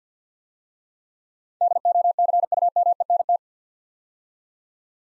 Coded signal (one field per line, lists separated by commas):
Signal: Morse code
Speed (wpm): 47 wpm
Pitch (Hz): 700 Hz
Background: none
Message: DOCUMENT